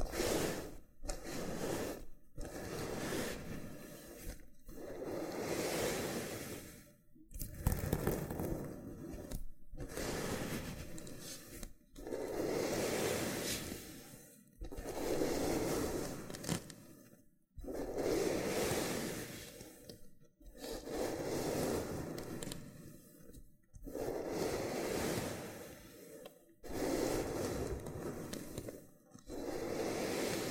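A loofah is rubbed in repeated strokes, each a rough, scratchy scrape lasting two to three seconds before a brief silence. The strokes come at a fairly regular pace, some swelling and fading, with sharp popping and crackling bits scattered through the rubbing.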